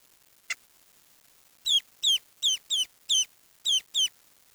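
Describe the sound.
Bird calls: sharp descending chirps with bright harmonics, given in a loose series of about seven after one brief click.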